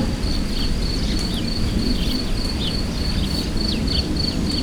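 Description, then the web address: Cricket giving a rapid, regularly repeated high chirp, partly masked by a strong low rumble. Recorded in the wild at Hortobágy, Hungary, with wind sounds. "tucsok hortobagy"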